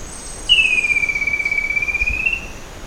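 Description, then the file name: Bird call: one sustained, pure whistle that starts slightly higher, settles and holds for about two seconds, with a faint continuous high tone in the background. "SABIOD 50 bird 2015"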